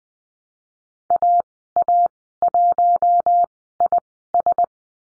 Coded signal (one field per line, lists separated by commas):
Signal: Morse code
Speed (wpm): 20 wpm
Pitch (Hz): 700 Hz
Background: none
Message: AA1IS